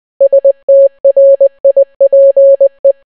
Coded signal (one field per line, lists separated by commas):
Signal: Morse code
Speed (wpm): 20 wpm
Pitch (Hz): 550 Hz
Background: none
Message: STRIPE